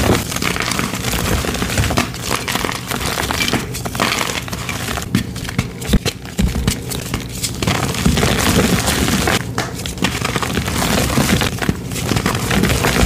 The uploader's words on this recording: ASMR crushing gym chalk rainbow cylinders.